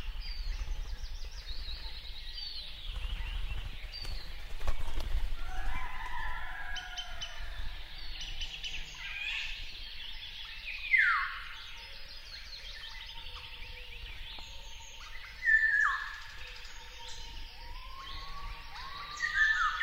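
A lakeside birch wood wakes on an early summer morning, with many birds singing at once in a dense, overlapping chorus of bright chirps and trills. Louder downward-swooping calls stand out near 11, 15 and 19 seconds over a soft, steady low rumble.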